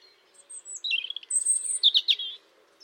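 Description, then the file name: European robin singing a short phrase of thin high whistles, a dipping warble, a drawn-out high whistle, then quick trilled notes. "Erithacus rubecula"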